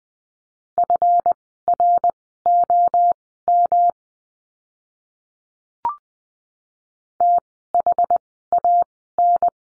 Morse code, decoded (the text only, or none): FROM THAN